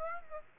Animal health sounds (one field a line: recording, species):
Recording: mosquito wingbeat signal from an infrared sensor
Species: Aedes aegypti